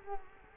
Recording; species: mosquito wingbeat signal from an infrared sensor; Culex quinquefasciatus